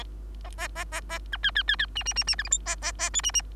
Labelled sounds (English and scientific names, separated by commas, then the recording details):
Bengalese Finch (Lonchura striata domestica) song
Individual Bird3